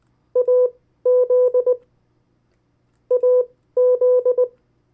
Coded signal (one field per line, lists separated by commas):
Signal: Morse code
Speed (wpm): 20 wpm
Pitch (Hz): 500 Hz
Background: none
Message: AZ AZ